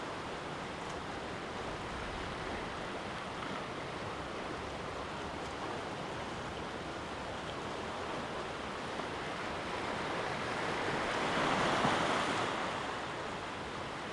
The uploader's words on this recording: Enjoy a melody of waterwall and waves on the North Devon coast. We're at Hartland Quay, Devon. A waterfall spills beside you, lit by the winter sun. Recorded by Daniel Graham.